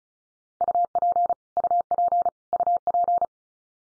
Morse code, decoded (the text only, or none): UP UP UP